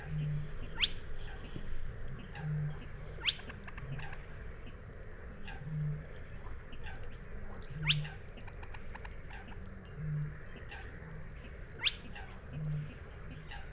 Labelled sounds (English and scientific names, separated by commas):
Spotted Crake (Porzana porzana) song